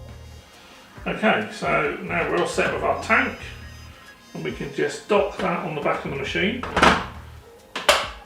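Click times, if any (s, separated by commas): 7.9 s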